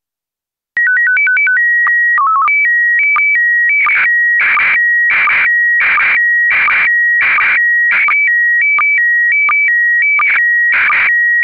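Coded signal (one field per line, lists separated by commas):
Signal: SSTV (slow-scan television)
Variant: PD 90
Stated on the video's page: SSTV image in PD90 mode.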